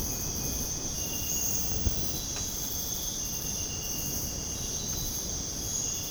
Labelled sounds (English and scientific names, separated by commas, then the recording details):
none
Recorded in dense forest near Puerto Asís, Putumayo, Colombia, on 29 June 2025 at 05:00
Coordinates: 0.486, -76.317
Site G065